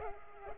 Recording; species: mosquito wingbeat signal from an infrared sensor; Culex pipiens